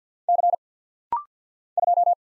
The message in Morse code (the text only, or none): C 2